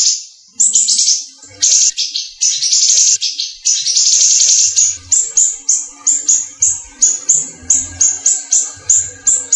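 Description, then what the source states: Leafbird delivering a rapid, rich high warble that settles into a long series of evenly repeated sharp chirps. Local name cucak ijo, described as the small-leaf (daun kecil) type.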